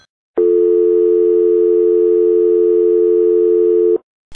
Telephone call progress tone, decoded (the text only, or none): dial tone